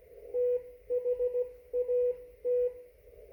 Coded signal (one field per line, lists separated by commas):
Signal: Morse code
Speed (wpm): 16 wpm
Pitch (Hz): 490 Hz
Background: none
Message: THAT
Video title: 1 watt CQ and CW (Morse code) ham amateur radio conversation 2020-11-24, 17:07 UTC